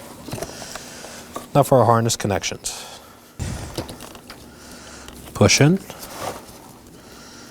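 Someone talks while a door wiring harness connector with a red lock tab is handled at the door module of a 2018-2024 Chevrolet Equinox during front power window motor and regulator replacement, with light plastic taps and rattles in between. The connector has not seated or clicked yet.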